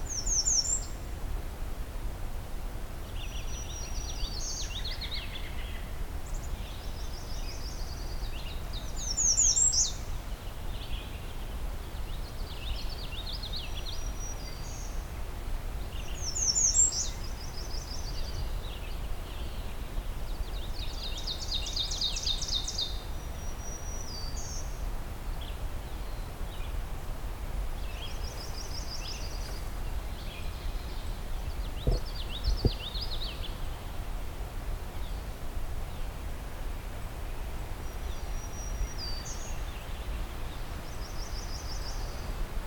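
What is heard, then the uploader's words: Birds chirp and trill almost continuously in high, thin bursts, several calling over one another throughout. A steady low rumble sits underneath the whole time, and around the 32-second mark two brief soft thumps break through. Henhoeffer Park East. I return to Henhoeffer Park, except this time taking the east trail, about 1km away from the previous recording location. Songbirding was recorded, engineered, narrated and created by Rob Porter.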